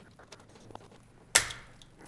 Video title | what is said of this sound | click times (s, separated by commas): How To Install An AC disconnect - ALL WIRING! | all right you just heard it click there | 1.4 s